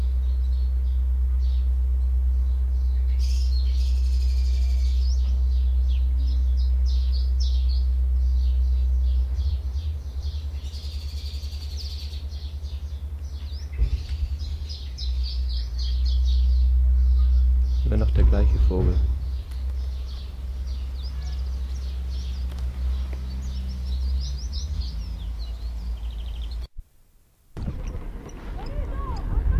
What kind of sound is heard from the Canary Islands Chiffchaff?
song